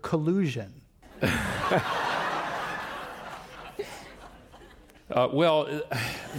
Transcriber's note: laughter